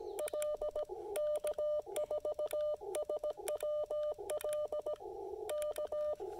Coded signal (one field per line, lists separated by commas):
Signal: Morse code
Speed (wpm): 17 wpm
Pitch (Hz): 600 Hz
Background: none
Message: L K4SWL K